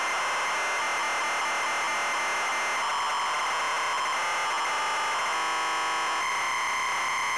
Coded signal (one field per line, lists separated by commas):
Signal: ZX Spectrum tape loading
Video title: Wonder Boy - Zx Spectrum +2 (Full Cassette Tape Loading & Gameplay)